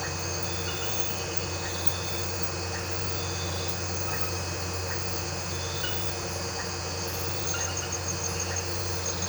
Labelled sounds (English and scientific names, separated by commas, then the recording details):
none
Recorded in pastures near Puerto Asís, Putumayo, Colombia, on 13 March 2025 at 01:00
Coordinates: 0.466, -76.322
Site CSA-02